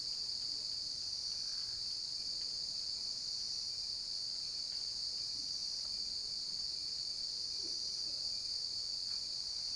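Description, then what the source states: Cricket sound, a sustained shrill ringing at a single pitch with no pauses. Cricket ambience recorded at night.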